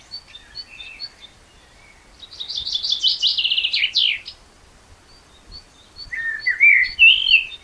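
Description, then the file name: Common blackbird song with a burst of high, buzzy twittering in the middle and a rich fluted warble at the end, thin high chips repeating between phrases. "Turdus merula"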